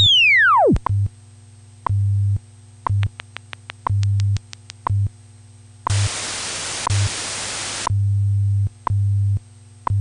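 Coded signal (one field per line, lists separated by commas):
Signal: radio time signal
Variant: WWV scientific modulation test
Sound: falling chirp, ticks each second over low hum, quick pulse series, then two seconds of hiss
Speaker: follows is a scientific modulation test for more information visit hampside.org wwv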